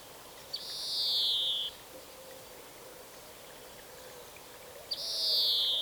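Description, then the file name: European greenfinch uttering a long, harsh descending wheeze, then silence, then a second matching wheeze roughly four seconds later. "Chloris chloris"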